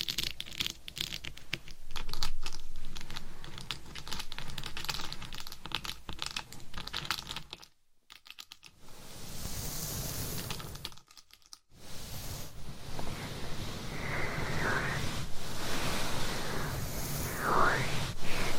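Long nails scratch and tap on a bejeweled mic in quick, dense clicking bursts, loud and busy through the first seven seconds. Two short silences break it near 8 and 11 seconds, then softer rubbing and brushing strokes continue, with a brief bright sweep near the end.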